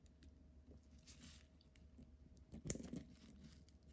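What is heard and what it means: A gloved hand pushes the tongue of the box clasp on a gold Cuban link chain, 12.6 mm and 23 inches long, into the clasp housing. The clasp snaps shut with one sharp click at 2.7 s, followed by a few softer rattles. Faint handling noise runs through the rest of the clip.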